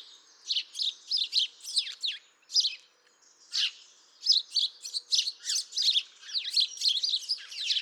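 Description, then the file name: House sparrow calls, bright chirps delivered in quick clusters, a short lull after the first few seconds, then lively, almost continuous chirping. "Passer domesticus"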